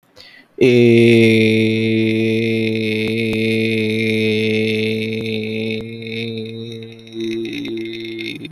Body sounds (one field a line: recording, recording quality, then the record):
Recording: sustained vowel as in made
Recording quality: excellent, no background noise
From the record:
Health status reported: exposed to COVID-19, no respiratory illness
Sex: male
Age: 22 years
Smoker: no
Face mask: not worn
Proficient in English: yes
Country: India